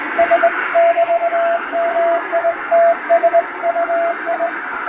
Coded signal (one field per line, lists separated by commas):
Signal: Morse code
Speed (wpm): 22 wpm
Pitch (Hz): 680 Hz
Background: radio noise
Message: S<BT>MITSUI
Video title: モールス符号を利用した短波通信を再現！ラジオで聴こえたモールス無線電報！気持ち良い音色です。ノイズとフェージングを加えています。アマチュア無線の受信練習にどうぞ morse code practice